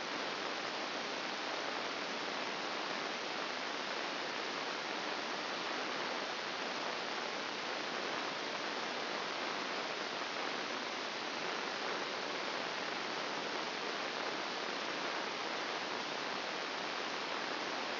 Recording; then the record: brain microelectrode recording played as sound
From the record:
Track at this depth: inside the subthalamic nucleus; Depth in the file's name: 4.465 mm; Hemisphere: left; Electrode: 2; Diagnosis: Parkinson's disease